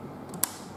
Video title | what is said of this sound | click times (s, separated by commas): Clean Inside Flatbed Scanner Glass Dust Removal | Click. Very good. Magic of audio. | 0.4 s